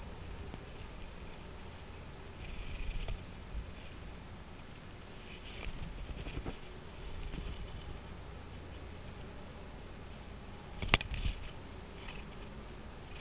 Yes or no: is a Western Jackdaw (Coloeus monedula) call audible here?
no